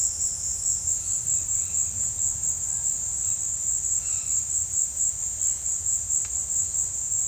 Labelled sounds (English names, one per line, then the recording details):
Red-bellied Macaw
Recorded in dense forest near Puerto Asís, Putumayo, Colombia, on 20 February 2024 at 17:00
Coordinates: 0.496, -76.326
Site G6383